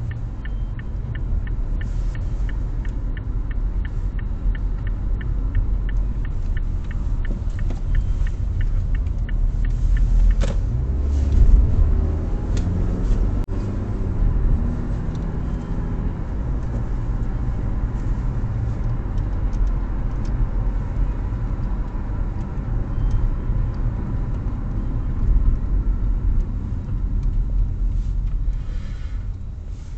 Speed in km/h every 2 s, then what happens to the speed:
37, 35, 30, 24, 22, 29, 43, 48, 51, 51, 49, 47, 37, 21, 6.
0-8 slows to 22. 8-16 speeds up to 51. 16-30 slows to 6.